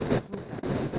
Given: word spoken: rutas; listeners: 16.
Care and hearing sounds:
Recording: one Spanish word in noise, from a listening test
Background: noise modulated by one talker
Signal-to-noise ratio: -11.6 dB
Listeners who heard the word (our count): 4 of 16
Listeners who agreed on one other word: 8 of 16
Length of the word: 0.59 s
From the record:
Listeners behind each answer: 8, 4, 2, 2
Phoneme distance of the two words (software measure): 17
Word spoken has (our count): 2 syllables, 5 phonemes, stress on syllable 1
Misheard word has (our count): 2 syllables, 6 phonemes, stress on syllable 1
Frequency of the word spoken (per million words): 12.82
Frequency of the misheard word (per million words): 26.98

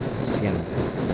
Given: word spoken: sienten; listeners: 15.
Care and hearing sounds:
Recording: one Spanish word in noise, from a listening test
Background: noise modulated by three-talker babble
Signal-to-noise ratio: -3.6 dB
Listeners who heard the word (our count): 1 of 15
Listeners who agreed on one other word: 7 of 15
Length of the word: 0.74 s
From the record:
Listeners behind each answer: 7, 6, 1, 1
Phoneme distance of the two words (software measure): 34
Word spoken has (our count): 2 syllables, 7 phonemes, stress on syllable 1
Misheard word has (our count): 2 syllables, 7 phonemes, stress on syllable 1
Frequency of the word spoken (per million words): 21.57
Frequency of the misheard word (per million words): 731.24

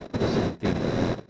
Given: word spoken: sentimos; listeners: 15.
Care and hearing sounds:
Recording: one Spanish word in noise, from a listening test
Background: noise modulated by one talker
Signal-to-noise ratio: -11.0 dB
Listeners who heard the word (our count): 0 of 15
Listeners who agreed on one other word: 13 of 15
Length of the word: 0.90 s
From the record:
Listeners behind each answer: 13, 1, 1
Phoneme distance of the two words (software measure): 24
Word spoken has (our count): 3 syllables, 8 phonemes, stress on syllable 2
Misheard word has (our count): 2 syllables, 6 phonemes, stress on syllable 2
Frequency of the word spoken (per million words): 9.52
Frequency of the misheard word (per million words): 56.25

